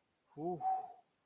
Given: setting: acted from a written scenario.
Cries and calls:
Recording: vocal sound without words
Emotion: relief

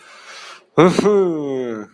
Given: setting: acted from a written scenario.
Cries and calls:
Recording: vocal sound without words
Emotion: triumph

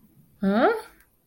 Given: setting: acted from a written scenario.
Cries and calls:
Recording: vocal sound without words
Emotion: confusion

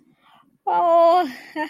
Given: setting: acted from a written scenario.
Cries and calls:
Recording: vocal sound without words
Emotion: pride

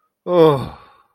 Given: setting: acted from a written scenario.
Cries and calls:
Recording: vocal sound without words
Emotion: shame

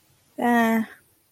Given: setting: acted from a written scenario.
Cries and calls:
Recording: vocal sound without words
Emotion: neutral

